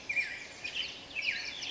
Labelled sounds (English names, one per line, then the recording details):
Black-headed Grosbeak
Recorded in Sonoma County, California